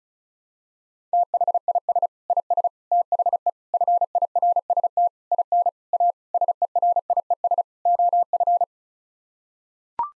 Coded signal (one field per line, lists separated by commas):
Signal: Morse code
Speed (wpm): 34 wpm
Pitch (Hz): 700 Hz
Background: none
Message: THIS IS THE FIRST IN A SERIES OF